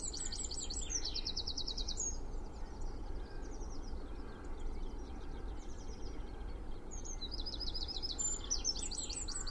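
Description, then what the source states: Bird: dawn chorus of several birds with fast high trills and repeated chirping phrases overlapping, set against a steady low roar of traffic. Spring dawn chorus in Cheshire, UK, with distant traffic noise.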